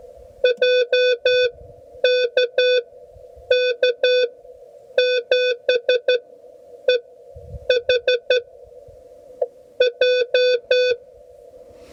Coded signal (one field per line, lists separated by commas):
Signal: Morse code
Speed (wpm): 12 wpm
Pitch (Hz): 500 Hz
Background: none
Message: J KK7EH J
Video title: Learning CW the Hard Way - Back to Coronado National Forest (POTA)